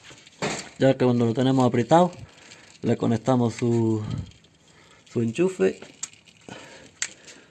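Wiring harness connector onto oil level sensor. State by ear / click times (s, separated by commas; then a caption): seated / 7.0 s. Someone talks while a wiring harness connector is pushed onto a new oil level sensor on a BMW M54 engine, with a few light knocks around 6.0 to 6.4 seconds. A sharp click at 7.0 seconds marks the electrical plug locking into place, seated on the sensor.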